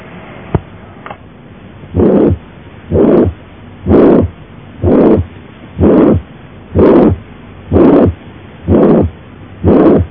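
Regular heartbeat at about 62 a minute. A steady blowing murmur fills each gap between the first and second heart sounds. This is a holosystolic murmur, lasting throughout systole.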